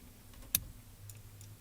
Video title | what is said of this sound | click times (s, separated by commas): SKODA FABIA Fuse Box Adding Fuse MK1 99-07 (Part 2) | push that down until it clicks or until you can't get it back out again ah i could hear this one click | 0.6 s